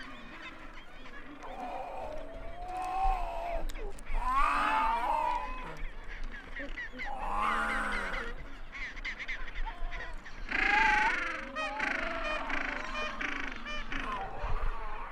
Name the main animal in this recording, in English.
Gentoo Penguin